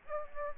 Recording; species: mosquito wingbeat signal from an infrared sensor; Aedes aegypti